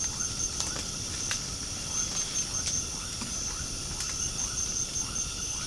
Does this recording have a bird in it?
no